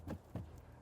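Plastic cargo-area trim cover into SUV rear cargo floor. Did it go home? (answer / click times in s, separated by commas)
yes / 0.4 s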